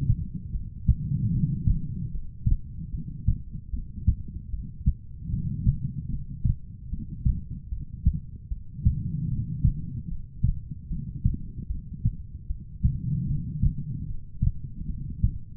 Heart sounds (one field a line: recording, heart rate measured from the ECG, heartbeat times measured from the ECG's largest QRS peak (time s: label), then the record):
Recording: heart sounds by stethoscope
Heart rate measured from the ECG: 75 bpm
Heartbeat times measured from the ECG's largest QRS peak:
0.51 s: heartbeat
1.31 s: heartbeat
2.11 s: heartbeat
2.91 s: heartbeat
3.70 s: heartbeat
4.50 s: heartbeat
5.30 s: heartbeat
6.09 s: heartbeat
6.89 s: heartbeat
7.69 s: heartbeat
8.48 s: heartbeat
9.28 s: heartbeat
10.08 s: heartbeat
10.88 s: heartbeat
11.67 s: heartbeat
12.47 s: heartbeat
13.26 s: heartbeat
14.06 s: heartbeat
14.86 s: heartbeat
From the record:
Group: heart failure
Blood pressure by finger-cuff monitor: 92/58 mmHg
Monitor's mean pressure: 72 mmHg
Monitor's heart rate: 75 bpm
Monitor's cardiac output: 5.1 L/min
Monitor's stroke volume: 67 mL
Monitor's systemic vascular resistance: 1020 dyn s/cm5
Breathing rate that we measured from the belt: 15 breaths a minute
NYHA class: 2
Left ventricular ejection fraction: 58%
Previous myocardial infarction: absent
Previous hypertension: present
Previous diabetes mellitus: absent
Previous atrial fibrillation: absent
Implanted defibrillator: absent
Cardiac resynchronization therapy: absent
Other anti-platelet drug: absent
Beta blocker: bisoprolol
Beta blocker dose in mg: 5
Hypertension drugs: ramipril, spironolactone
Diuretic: furosemide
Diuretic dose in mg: 160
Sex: female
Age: 55 years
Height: 155 cm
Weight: 67 kg